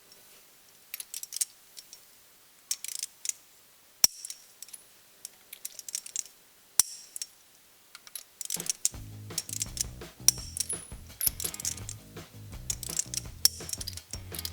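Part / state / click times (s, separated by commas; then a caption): torque wrench on wheel lug nuts / torque reached / 4.0 s, 6.8 s, 8.9 s, 10.3 s, 13.4 s. A torque wrench tightens the lug nuts on a Jeep wheel fitted with Mickey Thompson rims and tires, each nut turned until the wrench clicks at its set torque. Light ratcheting ticks lead to sharp clicks at 4.0, 6.8, 8.9, 10.3 and 13.5 seconds, with music playing from about 8.7 seconds onward. Each click signals that a lug nut has reached the set torque.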